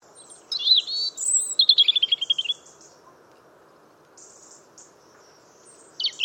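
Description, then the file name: European robin song: a sliding whistle followed by a rapid high trill, a pause, then faint notes and a new phrase beginning at the end. "Erithacus rubecula"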